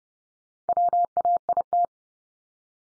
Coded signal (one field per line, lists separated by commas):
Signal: Morse code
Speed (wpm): 30 wpm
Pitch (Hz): 700 Hz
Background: none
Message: WAIT